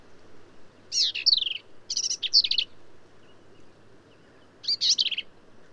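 Black-capped vireo singing quick jumbled phrases of squeaky, slurred high notes, three bursts separated by short gaps, one longer pause before the last.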